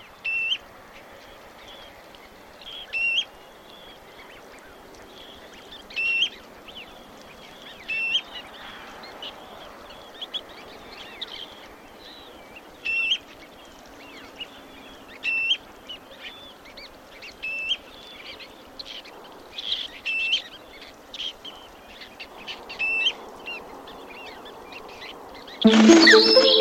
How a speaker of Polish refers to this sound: Posłuchamy za chwilę składającego się z dwóch tonów głosu kontaktowego sieweczki obrożnej i nasłuchujmy, bo sieweczki już wracają.